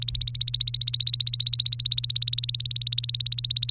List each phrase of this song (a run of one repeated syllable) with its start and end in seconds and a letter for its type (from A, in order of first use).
0.00-3.71 A